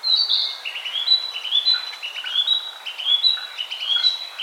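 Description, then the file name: Narcissus flycatcher song: high whistled notes repeated at a steady pace over continuous lower warbling, with steady background hiss. "Ficedula narcissina"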